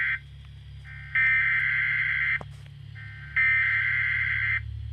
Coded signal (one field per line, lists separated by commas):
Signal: Emergency Alert System (SAME) tones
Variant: header bursts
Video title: Severe Thunderstorm Warning #2 (EAS #81)